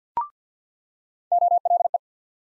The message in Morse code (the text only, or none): OLE